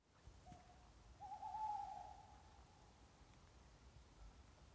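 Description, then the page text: Tawny owl giving a faint low hoot, a short note followed by a longer wavering one, over steady hiss. Singing in the castle park of Amou, Chalosse, Béarn; the source notes the recording is poor and should be played loud. "Cagèca (#Strix aluco) cantant dens lo parc deu casteth d'#Amor en #Shalòssa."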